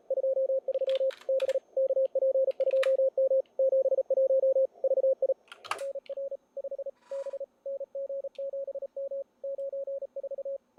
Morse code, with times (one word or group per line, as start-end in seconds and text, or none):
0.1-1.1 23
1.3-1.6 B
1.8-3.4 KP2M
3.6-4.7 71
4.8-5.3 VI
5.8-6.4 NR
6.6-6.9 5
7.1-7.4 B
7.7-9.2 NG7M
9.4-10.6 94